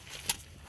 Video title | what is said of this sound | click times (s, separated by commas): Changing oil is simple. 😇💪🏿❤ | and um and you spin it tighten it until you hear a click and that's torqued | 0.3 s